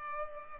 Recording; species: mosquito wingbeat signal from an infrared sensor; Culex pipiens